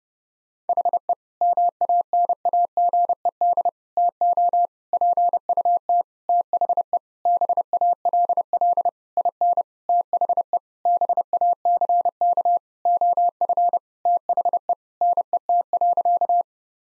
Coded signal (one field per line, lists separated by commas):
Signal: Morse code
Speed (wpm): 32 wpm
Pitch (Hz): 700 Hz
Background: none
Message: HE MANAGED TO PUT THE BALL IN THE BACK OF THE NET.